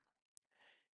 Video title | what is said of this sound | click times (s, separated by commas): How to Replace Front Brakes Pads and Rotors on Volkswagen Jetta | I hear all those clicks | 0.4 s